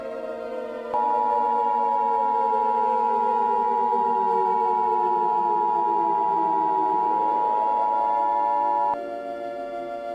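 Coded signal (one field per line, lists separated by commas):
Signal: Emergency Alert System (SAME) tones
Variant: 853 and 960 Hz attention tone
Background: music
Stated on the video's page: Fictional EAS scenario about a scary creature, with sirens credited to other creators.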